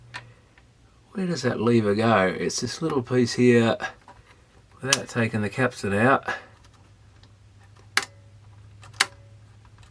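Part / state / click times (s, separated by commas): small plastic lever onto its pivot in a cassette deck mechanism / seated / 8.0 s, 9.0 s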